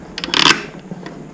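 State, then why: Seated. The visor lens of an EVO GSX 3000 helmet is pushed into the left-side mechanism to lock it. A sharp click at 0.2 s and a second quick tick just after are followed by a loud burst of scraping and rubbing, then a faint tick near 1.1 s. The lens clicks and locks in place on the left side.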